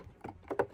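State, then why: Seated. A plastic toy part is pressed home into a Playmobil Enterprise starship model. A few faint plastic taps at 0.2–0.5 s lead into one sharp, louder click at 0.6 s as the part seats into place.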